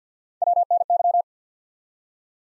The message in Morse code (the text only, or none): WNY